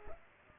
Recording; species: mosquito wingbeat signal from an infrared sensor; Culex pipiens